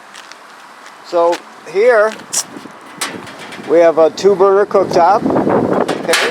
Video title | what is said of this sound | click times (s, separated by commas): 2022 No Boundaries NO BO 10.6 | bring it right out till it locks into place like so | 0.3 s